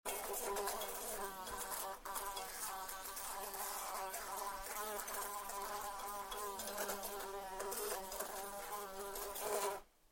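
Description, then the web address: Fly buzzing: a steady, wavering, harmonic drone that rises and dips in pitch and carries on almost unbroken for ten seconds before stopping abruptly. Indoors; frantic, busy flying, tinging against a light. "fly buzzing interior light tings frantic busy"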